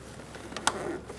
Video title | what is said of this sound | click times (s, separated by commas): How to Replace Headlights 2014-2019 Kia Soul | Make sure you hear that click. | 0.7 s